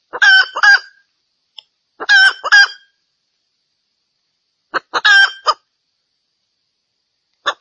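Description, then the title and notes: Junglefowl call: short phrases at irregular intervals with single clipped notes between them. Female junglefowl call used as a lure to attract males; said to draw dozens of males within two minutes. "Panggilan Ayam Hutan Betina. Cukup dua menit dengan suara ayam hutan betina bikin point puluhan pejantan. Pemikat Ayam Hutan"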